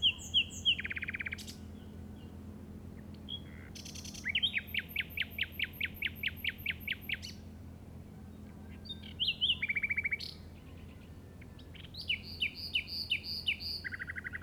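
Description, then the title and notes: Common nightingale song with long rhythmic trills of repeated notes, loud staccato bursts and whistled phrases separated by pauses, against a low steady hum. Llobregat Delta, recorded at 06:00 on 8 May 2015 with a Zoom recorder. "Grabación de ruiseñor común (Luscinia megarhynchos) en el Delta del Llobregat a las 06:00 del 08/05/2015."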